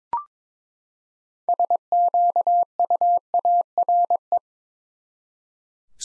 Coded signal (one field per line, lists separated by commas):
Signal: Morse code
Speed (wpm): 22 wpm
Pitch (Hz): 700 Hz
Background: none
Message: SQUARE